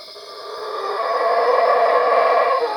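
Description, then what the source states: Howler monkey roaring, a continuous harsh roar that grows steadily louder and holds at full strength. At Cuevas.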